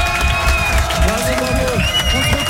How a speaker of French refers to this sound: Allez, merci beaucoup, on va applaudir toute la famille. Très fort, les gars, merci beaucoup.